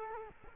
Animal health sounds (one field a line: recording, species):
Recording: mosquito wingbeat signal from an infrared sensor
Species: Culex quinquefasciatus